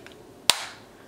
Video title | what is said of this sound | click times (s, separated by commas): AMAZON E-FILE REVIEW - MELODYSUSIE VINTAGE STYLE ELECTRIC NAIL DRILL - MelodySusie E-File | oh might help if I pushed hard enough it just pops into place | 0.5 s